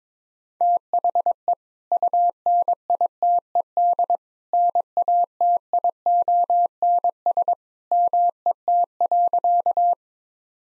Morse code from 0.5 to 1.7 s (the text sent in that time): THE